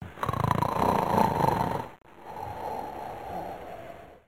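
An adult sleeper snoring: a loud, rough, rumbling snore on the in-breath, then a quieter, breathier out-breath.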